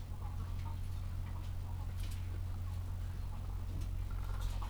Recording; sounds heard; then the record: poultry house recording; sick chickens (respiratory disease)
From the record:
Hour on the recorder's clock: 14